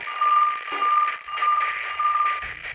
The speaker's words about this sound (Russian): Во входную дверь позвонили. 4 раза.